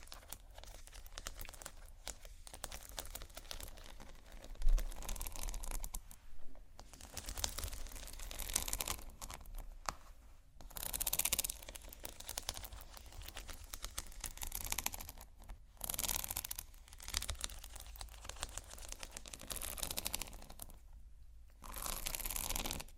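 Slow scratching and tapping on textured surfaces, crinkly rasping strokes in uneven bursts with short pauses and a sharp tap near five seconds.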